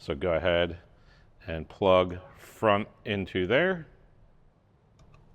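A plastic front speaker harness connector is being plugged into the front input of a motorcycle audio amplifier while someone talks. Faint small ticks follow near 5.0 and 5.1 seconds, but the connector has not seated or clicked yet.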